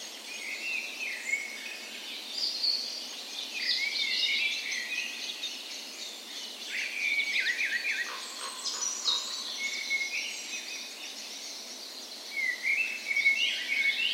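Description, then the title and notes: Birds in a dawn chorus, a constant mix of high twitters, trills and sharp chirps. Dawn chorus in a park west in Bergen, Norway, on the morning of 17 May, Norway's National Day, in spring; recorded on a Sony PCM A10 with LOM Usi microphones used as tree ears. "17th Of May Dawn Chorus. Recorded on the morning of Norways National Day the 17th of May in a park west in Bergen. Spring is in full effect, and the dawn chorus sounds wonderful!"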